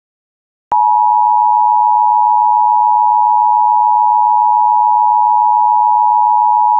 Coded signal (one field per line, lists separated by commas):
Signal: Emergency Alert System (SAME) tones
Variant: 853 and 960 Hz attention tone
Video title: Comcast EAS Reuqired Monthly Test (Fake, but kind of realistic!)